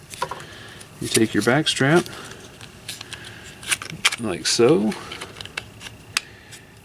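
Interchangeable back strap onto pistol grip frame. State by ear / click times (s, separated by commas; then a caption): seated / 6.2 s. Someone talks while a polymer interchangeable back strap is slid onto the back of a Glock 34 pistol grip frame, with light plastic clicks and handling noises along the way. It seats with a sharp snap at 6.2 s.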